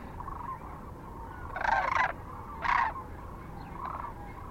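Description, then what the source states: Sandhill crane calls, two loud harsh rolling bursts rising above a steady background chorus of many more calling birds. Kearney, Nebraska, 9 March 2004; recorded with other species also present.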